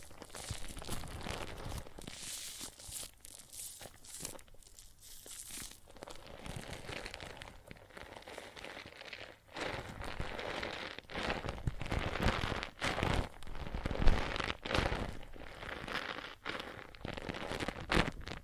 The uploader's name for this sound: Water and Soap Foam Sounds